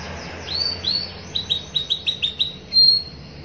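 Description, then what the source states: Canary song of quick sweeping notes in a rapid run, ending on a clear sustained whistle. Canary in long, lively continuous singing ('gacor panjang'), performing a fancy ('mewah') cengkok song-phrasing style.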